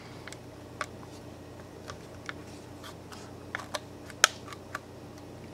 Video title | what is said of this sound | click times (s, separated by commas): Galaxy S5 Headphone Audio Jack Replacement How To Change | then everything else can just snap right in just | 0.8 s, 2.3 s, 3.5 s, 3.8 s, 4.2 s, 4.8 s